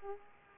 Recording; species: mosquito wingbeat signal from an infrared sensor; Culex pipiens